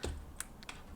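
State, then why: Seated. The fold-over clasp of a Casio ABL-100's metal watch bracelet is folded down and pressed until it snaps shut with a sharp click at 0.4 s, leaving it locked. A soft knock opens the clip, and two lighter clicks follow at about 0.6 and 0.7 s.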